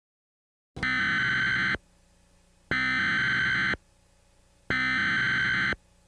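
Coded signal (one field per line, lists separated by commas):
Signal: Emergency Alert System (SAME) tones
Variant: header bursts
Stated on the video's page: Simulated EAS siren and alarm sounds in a Northwest Airlines Boeing 747-400 roleplay.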